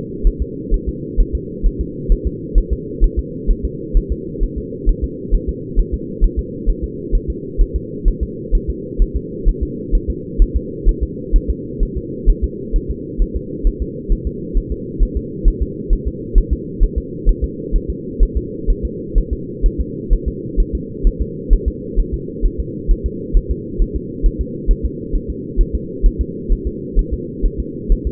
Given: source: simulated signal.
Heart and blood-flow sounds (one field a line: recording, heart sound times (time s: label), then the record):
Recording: fetal heart sounds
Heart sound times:
0.27 s: S1
0.42 s: S2
0.74 s: S1
0.89 s: S2
1.20 s: S1
1.35 s: S2
1.66 s: S1
1.81 s: S2
2.12 s: S1
2.27 s: S2
2.58 s: S1
2.73 s: S2
3.04 s: S1
3.19 s: S2
3.51 s: S1
3.65 s: S2
3.97 s: S1
4.12 s: S2
4.44 s: S1
4.58 s: S2
4.89 s: S1
5.04 s: S2
5.35 s: S1
5.49 s: S2
5.80 s: S1
5.94 s: S2
6.24 s: S1
6.39 s: S2
6.69 s: S1
6.84 s: S2
7.15 s: S1
7.30 s: S2
7.62 s: S1
7.76 s: S2
8.08 s: S1
8.23 s: S2
8.55 s: S1
8.70 s: S2
9.02 s: S1
9.16 s: S2
9.49 s: S1
9.63 s: S2
9.95 s: S1
10.10 s: S2
10.42 s: S1
10.56 s: S2
10.89 s: S1
11.03 s: S2
11.36 s: S1
11.50 s: S2
11.83 s: S1
11.97 s: S2
12.30 s: S1
12.44 s: S2
12.76 s: S1
12.91 s: S2
13.22 s: S1
13.36 s: S2
13.67 s: S1
13.82 s: S2
14.12 s: S1
14.27 s: S2
14.58 s: S1
14.72 s: S2
15.03 s: S1
15.17 s: S2
15.48 s: S1
15.62 s: S2
15.93 s: S1
16.08 s: S2
16.38 s: S1
16.53 s: S2
16.83 s: S1
16.98 s: S2
17.29 s: S1
17.44 s: S2
17.76 s: S1
17.90 s: S2
18.23 s: S1
18.37 s: S2
18.70 s: S1
18.85 s: S2
19.18 s: S1
19.33 s: S2
19.66 s: S1
19.81 s: S2
20.13 s: S1
20.28 s: S2
20.60 s: S1
20.75 s: S2
21.07 s: S1
21.22 s: S2
21.53 s: S1
21.68 s: S2
22.00 s: S1
22.14 s: S2
22.46 s: S1
22.60 s: S2
22.91 s: S1
23.06 s: S2
23.37 s: S1
23.51 s: S2
23.82 s: S1
23.96 s: S2
24.26 s: S1
24.41 s: S2
24.71 s: S1
24.85 s: S2
25.16 s: S1
25.30 s: S2
25.61 s: S1
25.75 s: S2
26.06 s: S1
26.21 s: S2
26.52 s: S1
26.67 s: S2
26.99 s: S1
27.13 s: S2
27.46 s: S1
27.60 s: S2
27.92 s: S1
28.07 s: S2
From the record:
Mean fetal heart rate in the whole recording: 130 bpm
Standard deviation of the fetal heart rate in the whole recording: 2 bpm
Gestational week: 38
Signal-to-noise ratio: -4.1 dB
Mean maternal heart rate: no maternal heart sound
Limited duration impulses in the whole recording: absent